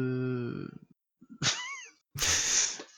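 A cat meows three times with no talking: a long, drawn-out low meow, then a short wavering cry, then a loud, harsh, strained yowl.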